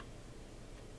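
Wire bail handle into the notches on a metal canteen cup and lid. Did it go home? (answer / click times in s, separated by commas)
no / none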